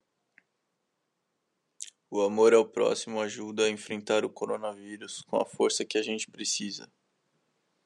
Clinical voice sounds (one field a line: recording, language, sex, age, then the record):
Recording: spoken sentence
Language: Brazilian Portuguese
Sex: male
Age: 18 to 19 years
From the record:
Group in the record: control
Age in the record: 18 years